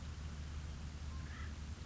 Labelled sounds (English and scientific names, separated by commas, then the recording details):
Acorn Woodpecker (Melanerpes formicivorus)
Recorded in Sonoma County, California